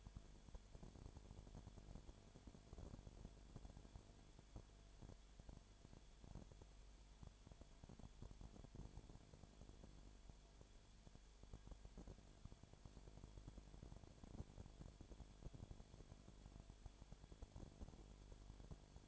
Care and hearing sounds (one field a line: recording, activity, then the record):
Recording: daily activity, microphone in the room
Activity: no activity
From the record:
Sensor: 5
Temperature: 19.9 degrees Celsius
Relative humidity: 37.1%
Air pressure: 1007.4 hPa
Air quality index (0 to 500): 84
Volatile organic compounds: 1 ppm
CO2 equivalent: 957 ppm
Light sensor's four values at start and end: 2/3/1/1 and 2/3/1/1